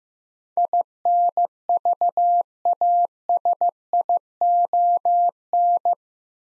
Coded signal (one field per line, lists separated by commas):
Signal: Morse code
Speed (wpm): 15 wpm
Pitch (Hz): 700 Hz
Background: none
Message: INVASION